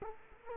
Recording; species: mosquito wingbeat signal from an infrared sensor; Culex quinquefasciatus